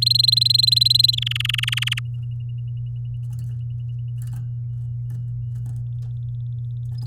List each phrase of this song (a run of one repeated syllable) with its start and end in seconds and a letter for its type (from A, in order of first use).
0.02-1.15 A, 1.17-1.99 B